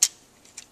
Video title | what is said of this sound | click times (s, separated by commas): Prime Ratchet Review Part 1 | lock into place just like that. | 0.0 s